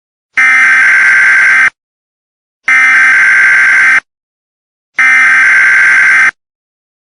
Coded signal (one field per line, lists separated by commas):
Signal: Emergency Alert System (SAME) tones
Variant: header bursts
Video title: THE CREATURE EAS SCENARIO REMASTERED FULL SCENARIO